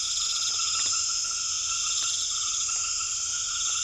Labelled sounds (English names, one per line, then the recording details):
none
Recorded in secondary vegetation near Puerto Asís, Putumayo, Colombia, on 28 February 2025 at 20:30
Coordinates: 0.500, -76.326
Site GP04